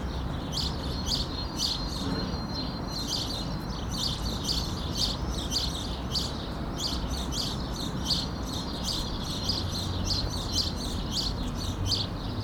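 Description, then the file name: House sparrow chirps, short bright notes repeated rapidly and continuously over a steady low background rumble. "Passer domesticus"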